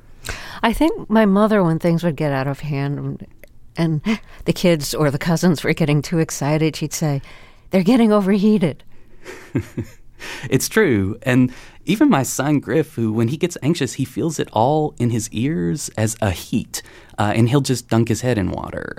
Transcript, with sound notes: I think my mother, when things would get out of hand and the kids or the cousins were getting too excited, she'd say, they're getting overheated.
(LAUGHTER)
It's true. And even my son, Griff, who when he gets anxious, he feels it all in his ears as a heat, and he'll just dunk his head in water.